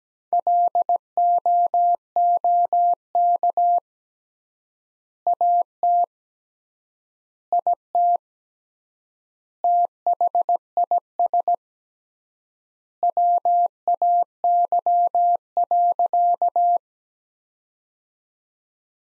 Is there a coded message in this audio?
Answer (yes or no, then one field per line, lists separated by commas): yes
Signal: Morse code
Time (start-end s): 0.3-16.8 s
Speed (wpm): 17 wpm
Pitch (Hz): 700 Hz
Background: none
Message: LOOK AT IT THIS WAY.